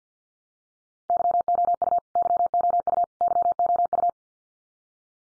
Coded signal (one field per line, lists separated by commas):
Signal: Morse code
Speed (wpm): 48 wpm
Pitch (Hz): 700 Hz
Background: none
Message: YOU YOU YOU